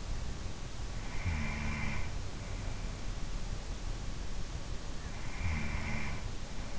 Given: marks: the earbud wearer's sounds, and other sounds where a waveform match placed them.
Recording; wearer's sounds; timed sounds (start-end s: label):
sounds in sleep by an in-ear microphone; breath
0.89-2.21 s: breath
5.21-6.71 s: breath